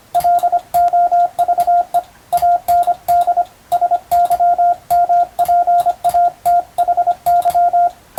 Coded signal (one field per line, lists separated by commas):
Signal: Morse code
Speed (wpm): 25 wpm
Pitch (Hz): 700 Hz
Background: radio noise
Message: LOVE AND SYMPATHY